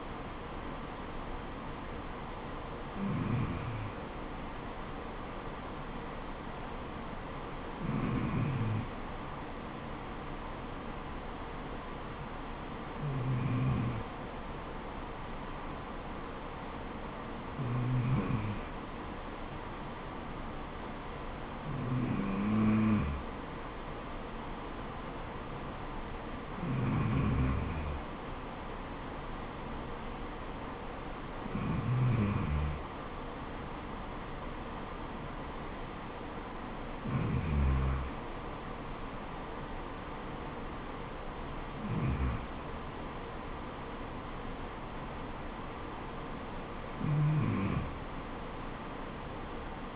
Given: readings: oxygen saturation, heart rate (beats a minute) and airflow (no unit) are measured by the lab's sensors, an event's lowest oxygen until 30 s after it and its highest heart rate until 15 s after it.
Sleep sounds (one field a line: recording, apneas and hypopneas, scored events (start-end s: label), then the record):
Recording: breathing in sleep by a voice recorder at the bedside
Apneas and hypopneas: none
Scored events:
none scored
From the record:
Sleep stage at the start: N2 (light sleep)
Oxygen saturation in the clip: 93 to 94%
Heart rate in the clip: 70 to 77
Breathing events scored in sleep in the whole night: 426 in 7.4 hours asleep